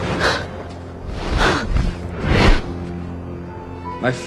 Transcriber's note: soundbite of whooshing